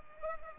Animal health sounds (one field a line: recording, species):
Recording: mosquito wingbeat signal from an infrared sensor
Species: Culex pipiens